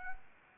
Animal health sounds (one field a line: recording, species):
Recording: mosquito wingbeat signal from an infrared sensor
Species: Anopheles arabiensis